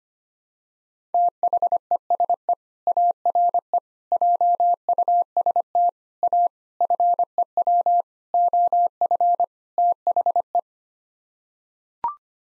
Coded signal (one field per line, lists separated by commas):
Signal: Morse code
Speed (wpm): 25 wpm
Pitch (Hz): 700 Hz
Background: none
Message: THESE ARE JUST A FEW OF THE